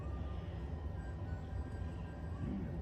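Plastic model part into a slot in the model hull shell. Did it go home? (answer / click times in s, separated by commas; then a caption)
no / none. A plastic part from an Enterprise D die-cast starship model kit is pushed tightly into a one-way slot at the back of the hull shell. Only a steady low rumble is heard, with no sudden sounds. The part has not clicked into the slot and sits not flush with the outside of the shell.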